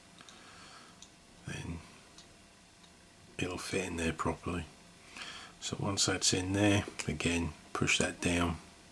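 A plastic retainer on a Ford car wiring connector is handled and pushed down, with faint small clicks and taps under the handling while someone talks. Nothing has seated or clicked into place yet.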